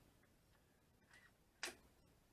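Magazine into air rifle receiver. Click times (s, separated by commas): 1.6 s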